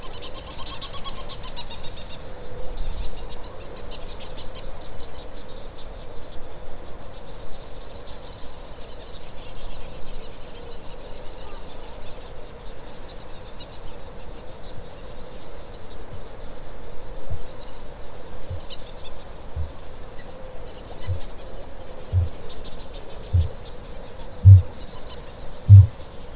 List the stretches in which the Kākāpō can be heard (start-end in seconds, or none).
16.98-21.33, 21.93-26.13